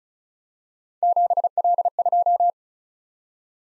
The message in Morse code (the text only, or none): 7L2